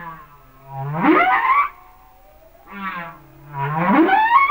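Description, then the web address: Humpback whale song: deep groaning notes that bend steeply upward into rich harmonic whoops, with a shorter harmonic call between them. "Whale Songs Sounds of Nature - Humpback Whales"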